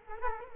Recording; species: mosquito wingbeat signal from an infrared sensor; Culex quinquefasciatus